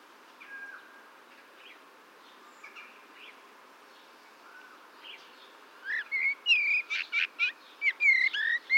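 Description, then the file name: Eurasian blackbird song: scattered soft notes at first, then a louder run of whistled phrases and high chirps in the final seconds. "Turdus merula"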